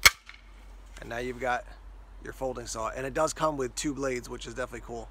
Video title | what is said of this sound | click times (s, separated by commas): BattlBox Mission 71: One of My FAVORITE BattlBox Months EVER - ESEE, Food, Folding Saw, and More | and then this handle is going to lock into place and | 0.1 s